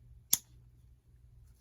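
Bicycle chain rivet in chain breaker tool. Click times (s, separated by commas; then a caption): 0.3 s. A chain breaker tool is screwed in to drive a steel rivet out of a bicycle chain link. A single sharp, loud pop sounds at 0.3 s as the chain pin is pushed out the other side, over low, steady background noise. The rivet is released from the link.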